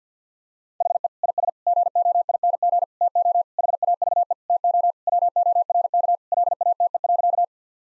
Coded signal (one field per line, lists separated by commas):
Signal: Morse code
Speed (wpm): 50 wpm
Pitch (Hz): 700 Hz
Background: none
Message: HE IS GOING TO HAVE TO WORK LATE.